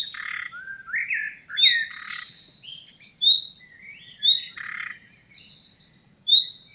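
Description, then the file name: Common nightingale giving sharp upward whistles alternating with harsh, grating rattles and a few slurred notes, repeated irregularly every second or two. "Luscinia megarhynchos"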